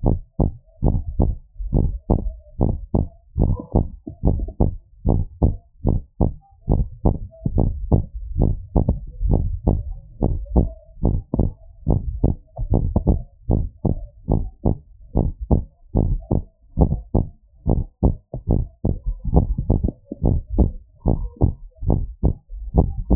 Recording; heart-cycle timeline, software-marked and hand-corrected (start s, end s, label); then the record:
heart sounds
0.00	0.06	diastole
0.06	0.18	S1
0.18	0.40	systole
0.40	0.52	S2
0.52	0.86	diastole
0.86	0.98	S1
0.98	1.18	systole
1.18	1.34	S2
1.34	1.74	diastole
1.74	1.88	S1
1.88	2.10	systole
2.10	2.22	S2
2.22	2.62	diastole
2.62	2.74	S1
2.74	2.96	systole
2.96	3.06	S2
3.06	3.40	diastole
3.40	3.54	S1
3.54	3.76	systole
3.76	3.88	S2
3.88	4.26	diastole
4.26	4.38	S1
4.38	4.60	systole
4.60	4.72	S2
4.72	5.08	diastole
5.08	5.22	S1
5.22	5.44	systole
5.44	5.54	S2
5.54	5.88	diastole
5.88	6.00	S1
6.00	6.22	systole
6.22	6.32	S2
6.32	6.70	diastole
6.70	6.84	S1
6.84	7.06	systole
7.06	7.16	S2
7.16	7.56	diastole
7.56	7.70	S1
7.70	7.92	systole
7.92	8.04	S2
8.04	8.38	diastole
8.38	8.52	S1
8.52	8.76	systole
8.76	8.86	S2
8.86	9.24	diastole
9.24	9.42	S1
9.42	9.68	systole
9.68	9.82	S2
9.82	10.22	diastole
10.22	10.34	S1
10.34	10.54	systole
10.54	10.68	S2
10.68	11.04	diastole
11.04	11.18	S1
11.18	11.38	systole
11.38	11.50	S2
11.50	11.88	diastole
11.88	12.00	S1
12.00	12.22	systole
12.22	12.34	S2
12.34	12.72	diastole
12.72	12.84	S1
12.84	13.08	systole
13.08	13.20	S2
13.20	13.54	diastole
13.54	13.66	S1
13.66	13.90	systole
13.90	13.98	S2
13.98	14.30	diastole
14.30	14.44	S1
14.44	14.66	systole
14.66	14.76	S2
14.76	15.16	diastole
15.16	15.30	S1
15.30	15.52	systole
15.52	15.64	S2
15.64	16.00	diastole
16.00	16.12	S1
16.12	16.32	systole
16.32	16.42	S2
16.42	16.80	diastole
16.80	16.92	S1
16.92	17.16	systole
17.16	17.26	S2
17.26	17.68	diastole
17.68	17.82	S1
17.82	18.04	systole
18.04	18.14	S2
18.14	18.50	diastole
18.50	18.64	S1
18.64	18.86	systole
18.86	18.96	S2
18.96	19.34	diastole
19.34	19.48	S1
19.48	19.70	systole
19.70	19.82	S2
19.82	20.24	diastole
20.24	20.40	S1
20.40	20.58	systole
20.58	20.70	S2
20.70	21.06	diastole
21.06	21.18	S1
21.18	21.42	systole
21.42	21.52	S2
21.52	21.88	diastole
21.88	22.02	S1
22.02	22.24	systole
22.24	22.36	S2
22.36	22.76	diastole
22.76	22.88	S1
22.88	23.10	systole
23.10	23.16	S2
From the record:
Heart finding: normal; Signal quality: good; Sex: female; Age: 44 years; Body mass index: 19.5